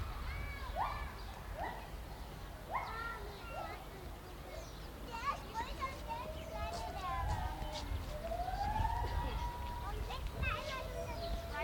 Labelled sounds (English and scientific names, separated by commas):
Lar Gibbon (Hylobates lar) call